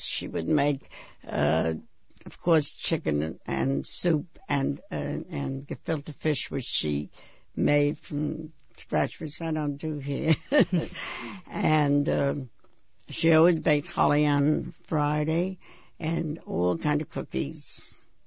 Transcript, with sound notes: She would make, of course, chicken and soup and gefilte fish, which she made fresh, which I don't do here. ( she laughs ) And she always baked challah on Friday, and all kind of cookies.